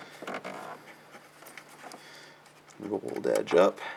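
A second crimped wire terminal pin for a switchback LED turn signal with resistor is handled and turned so its rolled edge faces up, then lined up with the plastic turn signal connector housing. Soft handling ticks and scratches are heard, and someone talks toward the end. The pin has not been pushed in yet, so nothing has seated or clicked.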